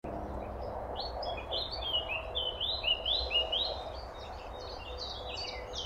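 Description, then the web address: Eurasian blackcap song, a continuous soft chattering warble of quick high notes that runs for several seconds over a low background rumble. "SETE Sylvia atricapilla"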